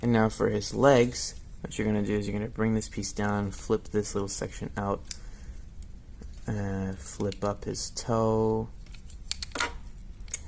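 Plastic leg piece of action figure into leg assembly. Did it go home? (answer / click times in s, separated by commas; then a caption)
yes / 10.3 s. Someone talks while transforming a plastic Transformers Studio Series Gamer Edition Megatron action figure, bringing a leg piece down, flipping a small section out and flipping up the toe, with light plastic clicks and handling sounds near the end. The plastic leg piece snaps into place in the leg assembly with a sharp click at 10.3 s.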